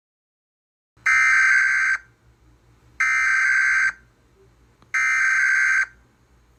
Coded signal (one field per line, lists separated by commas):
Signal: Emergency Alert System (SAME) tones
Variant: header bursts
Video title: MARGINAL INSANITY 12: SEABREEZE 6 DAY BUST - EAS Alerts From 8/29/25 - 9/3/25 (EAS #4623-4639)